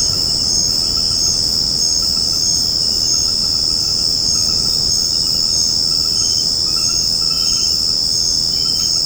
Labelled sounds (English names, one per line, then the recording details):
none
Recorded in secondary vegetation near Puerto Asís, Putumayo, Colombia, on 9 March 2025 at 20:00
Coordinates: 0.481, -76.318
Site G097